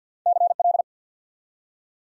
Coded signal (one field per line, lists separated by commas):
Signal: Morse code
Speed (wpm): 48 wpm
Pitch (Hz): 700 Hz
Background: none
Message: CL